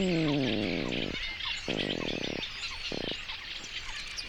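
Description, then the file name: Water rail squeal sliding downward into throaty pulsed grunting phrases, repeated in three bursts, while other birds sing behind. "Rale-d eau"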